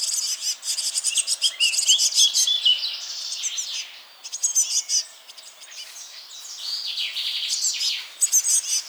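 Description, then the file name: Eurasian blue tit calling with rapid high ticks and thin whistled notes, then hoarse scolding buzzes and short trilled phrases, repeated busily throughout. "Cyanistes caeruleus"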